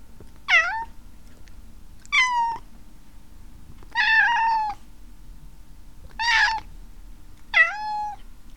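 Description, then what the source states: Maine Coon cat meowing, five drawn-out harmonic meows spaced one to two seconds apart, each falling in pitch at the end, over a low steady hum. Maine Coon breed, recorded 4 January 2007.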